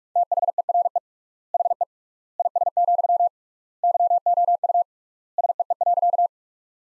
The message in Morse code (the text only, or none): THERE HE IS, YOU SEE.